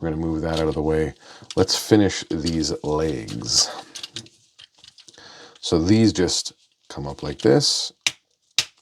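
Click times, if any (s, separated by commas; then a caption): 8.1 s, 8.6 s. Someone talks while folding the plastic leg panels of a Transformers Age of the Primes Nemesis Prime figure up into the figure's legs. The panels lock in with sharp snaps at 8.1 s and 8.6 s, seating them in place.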